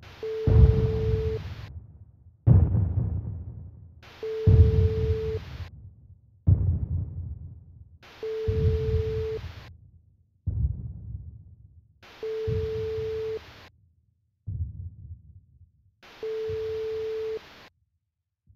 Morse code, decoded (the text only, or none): none